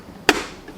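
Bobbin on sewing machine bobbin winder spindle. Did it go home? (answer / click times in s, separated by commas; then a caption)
yes / 0.3 s. A bobbin placed on the winder post of a Brother FB1757X sewing machine is slid to the right to engage the winder. A sharp click sounds at 0.3 s as the bobbin winder shaft locks over into the engaged position, followed by a faint tap at 0.7 s. The winder is seated and engaged.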